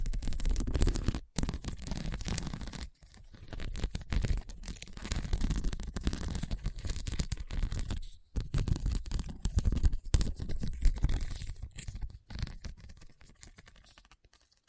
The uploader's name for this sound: Hard and Bumpy Surface Scratching